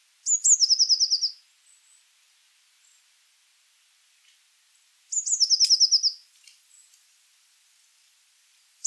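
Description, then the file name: Eurasian blue tit singing: high piercing opening notes dropping into a quick rattling trill, two phrases roughly five seconds apart, quiet in between, and the start of a third at the end. "Cyanistes caeruleus"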